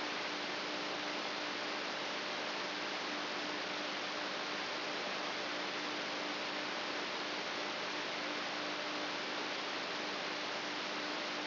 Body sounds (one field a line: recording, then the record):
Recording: brain microelectrode recording played as sound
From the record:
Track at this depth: inside the subthalamic nucleus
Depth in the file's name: 6.216 mm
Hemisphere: left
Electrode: 3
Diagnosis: Parkinson's disease